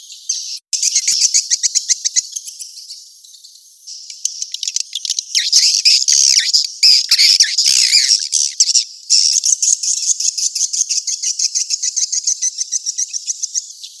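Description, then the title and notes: Swiftlet calls, rapid trains of high, clicky chirps repeated about three or four per second, swelling into a busier twittering burst in the middle. Asia; sound used in swiftlet farming to attract birds. "Swiflet Bird Sound. Farming Swiflet Bird asia sound"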